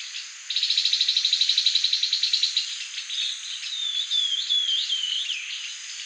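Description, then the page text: Grey-headed babbler giving a rapid, evenly pulsed chattering trill for about two seconds, then a run of wavering, slurred whistles rising and falling over a steady high hiss. "Grey-Headed Babbler Song and Calls. Quick Sounds"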